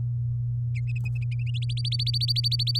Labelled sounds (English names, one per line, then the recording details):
Domestic Canary song
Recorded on 9 May 2018 at 09:54
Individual llb16